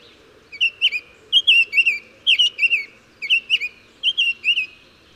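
Bird song: bright warbled chirps in short groups of a few, repeated at a steady pace of about one group per second.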